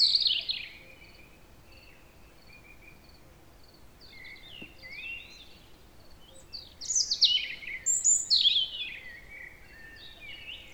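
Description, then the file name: European robin song: soft thin notes early, then a stronger outburst of rapid, sparkling high trills and descending slurs in the second half. "Erithacus rubecula"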